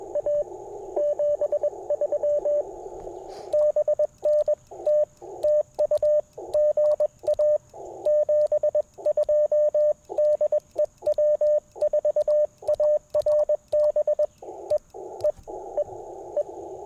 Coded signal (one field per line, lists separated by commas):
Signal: Morse code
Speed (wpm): 22 wpm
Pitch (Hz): 590 Hz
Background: radio noise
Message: A 73 BN T TU GA 72 DE W4ARB E E E E